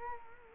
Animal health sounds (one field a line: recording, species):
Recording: mosquito wingbeat signal from an infrared sensor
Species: Culex quinquefasciatus